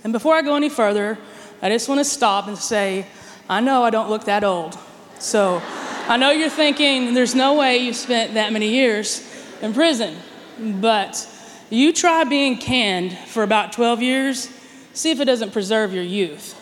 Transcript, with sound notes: Before I go any farther, I just want to stop and say, I know I don’t look that old (laughter) I know you’re thinking, There’s no way you spent that many years in prison! But, you try being canned for about twelve years—see if it doesn’t preserve your youth!